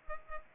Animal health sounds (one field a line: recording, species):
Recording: mosquito wingbeat signal from an infrared sensor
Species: Culex pipiens